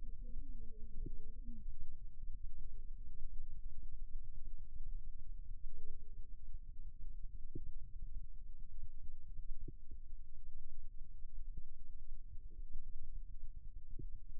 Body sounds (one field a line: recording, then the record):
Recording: forearm muscle sounds (acoustic myography)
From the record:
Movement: rest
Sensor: system 2, bracelet of six BSWA MPA416 microphones around the upper forearm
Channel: 2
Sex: male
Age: 22 years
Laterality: right